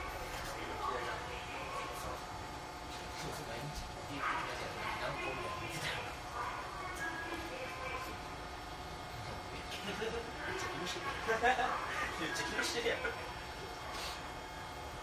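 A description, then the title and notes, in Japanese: Aboard a JR 221 series train running from Nara toward JR Namba, a steady low rumble and hum continue throughout. Voices talk on and off over it, with occasional light clicks and rattles, and the sound grows somewhat louder around eleven to thirteen seconds. JR221系 奈良→JR難波。関西本線（大和路線）で録音をしました。車体は普通鋼製である。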